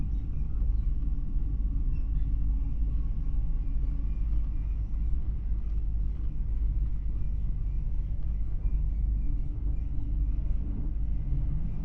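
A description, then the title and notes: A train rolls along with a steady, heavy low rumble that stays even and dense throughout, with faint rattles and clicks layered above. Night train sleeper. As the train pulls out of Penzance station, you begin to hear the rumble. A sturdy, rounded edges sort of rumble, a cacophony, of gently juddering low frequency vibrations. The sound is, dark, and velvety. This spatial sound photograph, an unbroken sixty minute segment of the journey from Penzance to London Paddington, was taken from within the cabin beside the bunk.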